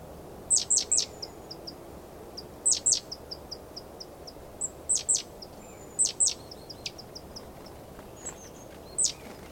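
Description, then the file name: Great tit giving clusters of one to three sharp, descending high notes every one to three seconds, mixed with fainter short high ticks, over constant low hiss. "Parus major"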